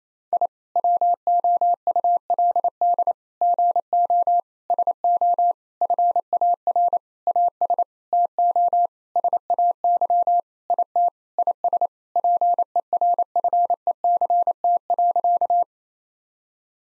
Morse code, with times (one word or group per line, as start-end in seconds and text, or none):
0.3-0.5 I
0.8-3.1 WOULD
3.4-4.4 GO
4.7-5.5 SO
5.8-7.0 FAR
7.3-7.8 AS
8.1-8.9 TO
9.2-10.4 SAY
10.7-11.1 IT
11.4-11.9 IS
12.2-15.6 PERFECT.